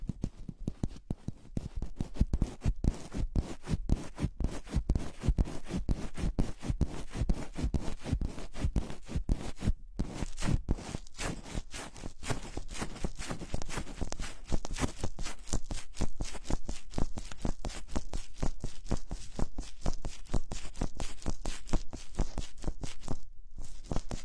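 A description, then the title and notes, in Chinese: Gloves being handled and worked, producing a dense, fast stream of crackling, rubbing and scratchy clicks that runs almost without pause. The texture stays busy and fairly even, with brief drops in sound near ten seconds and again just before the end. 手套 使用6种不同手套为你耳膜按摩。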